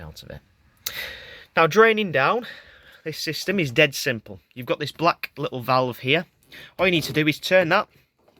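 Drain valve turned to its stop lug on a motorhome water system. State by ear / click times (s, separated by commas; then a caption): not seated / none. Someone talks about draining the fresh-water system of a Possl Road camper R motorhome while handling a small black plastic drain valve, about to turn it toward its stop lug. Nothing has seated or clicked yet.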